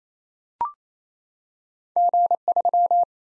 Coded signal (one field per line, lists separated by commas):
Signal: Morse code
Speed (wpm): 28 wpm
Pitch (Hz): 700 Hz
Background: none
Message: G3